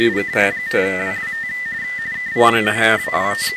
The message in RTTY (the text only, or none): KI5WWT KI5WWT